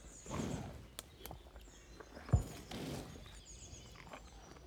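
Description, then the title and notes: Cow exhaling in two soft, breathy gusts, with a single loud knock between them. Curious cow eating very close, its warm breath audible, in the Marais Poitevin marshes at Le Mazeau, France, at 09:20; MixPre-6 II with DPA 4022 microphones in ORTF. "Jolie Marais, 85420 Le Mazeau, France - A TAAAABLE DANS LES MARAIS. REPAS DE VACHE. EXTJ_VACHE MANGE ET SOUFFLE_MARAIS POITEVIN_09H20. En grande proximité, repas d'une vache dans les Marais. Curieuse, son souffle en proximité est fort chaleureux"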